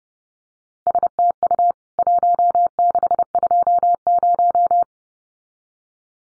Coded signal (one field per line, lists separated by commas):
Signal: Morse code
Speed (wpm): 30 wpm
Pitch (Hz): 700 Hz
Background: none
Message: STU 1620